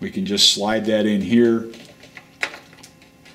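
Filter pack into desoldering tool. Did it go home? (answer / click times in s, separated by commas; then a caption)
yes / 2.4 s. Someone talks while a new filter pack is slid into the vacuum desoldering tool of a Weller WR 3000M rework station, then turned until it sets. A few faint ticks follow, then a sharp tick at 2.4 s as the filter pack locks into place.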